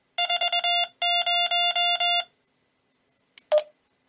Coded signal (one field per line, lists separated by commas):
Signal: Morse code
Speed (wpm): 21 wpm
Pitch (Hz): 2800 Hz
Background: none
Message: 40